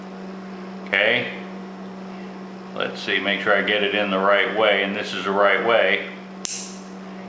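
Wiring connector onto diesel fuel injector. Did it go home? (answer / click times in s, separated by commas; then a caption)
yes / 6.4 s. A replacement electrical wiring connector is lined up the right way and pushed onto a diesel fuel injector on a Kubota RTV 400Ci utility vehicle that will not start. Someone talks over a steady low hum, then a sharp click at 6.5 s marks the connector snapping into place, seated.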